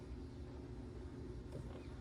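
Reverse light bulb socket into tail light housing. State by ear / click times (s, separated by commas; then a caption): not seated / none. An LED reverse light bulb in its plastic socket is handled and turned into the tail light housing of a 2017 Honda Ridgeline. A steady low rumble with broadband noise runs throughout, with no sharp hits. Nothing has seated or clicked yet.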